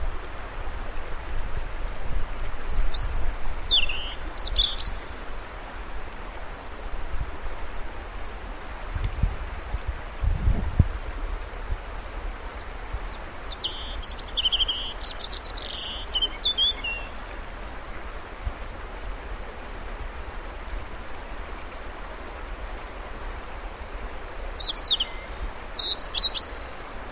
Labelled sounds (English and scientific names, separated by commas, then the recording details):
European Robin (Erithacus rubecula) song
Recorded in the wild
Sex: male
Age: adult
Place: Birken-Honigsessen, Westerwald, Rheinland-Pfalz, DE
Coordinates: 50.8192, 7.76194
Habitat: mixed forest
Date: 1992-03-18 15:09
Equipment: Aiwa HD-S1, Sennheiser ME 80, 1:1 Kopie
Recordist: Frommolt, Karl-Heinz
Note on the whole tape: Gesang: 12 Strophen. Kurze Unterbrechung der Aufnahme